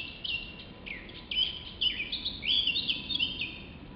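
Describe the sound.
Bird song of rapid, high twittering and chirping phrases running continuously, with a faint low background rumble.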